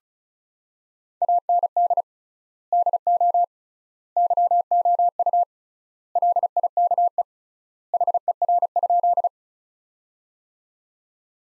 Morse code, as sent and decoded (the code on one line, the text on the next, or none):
.- -. -.. / -.. --- / -.-- --- ..- / .-.. .. -.- . / .... . .-. ..--..
AND DO YOU LIKE HER?